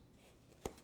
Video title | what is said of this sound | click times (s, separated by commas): Braava Jet M6 - How to Put the Pads On | until it clicks | 0.7 s